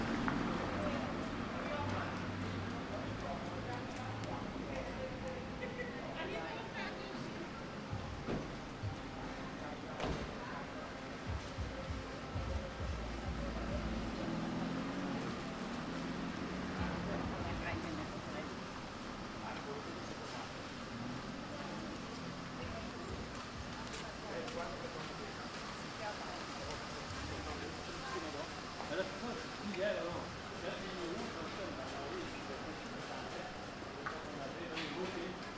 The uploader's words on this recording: City Sounds, Outdoor Sounds. Walking Around Willemstad Curacao.